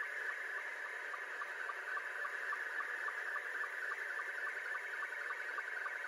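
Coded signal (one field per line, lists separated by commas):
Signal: SSTV (slow-scan television)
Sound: warbling scanning tone buried in hiss, with steady rhythmic low ticks several times a second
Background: radio static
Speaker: he is saying thank you for the 73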